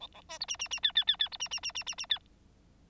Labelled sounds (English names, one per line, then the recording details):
Bengalese Finch song
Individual Bird9